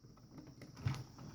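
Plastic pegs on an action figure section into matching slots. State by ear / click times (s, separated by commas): not seated / none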